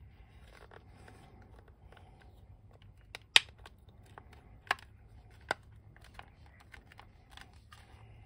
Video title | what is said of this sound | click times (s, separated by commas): INSANE Custom Iron Grenadiers Assault Boat for Modern Warfare! #irongrenadiers | yeah it should basically snap into place | 3.4 s